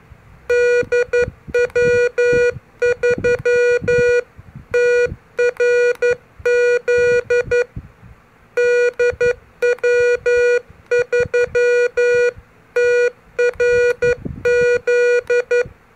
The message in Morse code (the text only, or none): DW3TRZ DW3TRZ